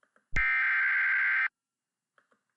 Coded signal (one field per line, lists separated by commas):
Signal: Emergency Alert System (SAME) tones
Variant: header bursts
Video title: EAS Mock Making 101 - EASyPLUS Tones